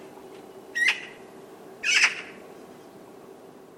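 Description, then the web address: Bird giving two short, harsh squawking calls about a second apart, the second slightly fuller, over a faint steady background hum. "cianscape birddata Deverinetal 2025"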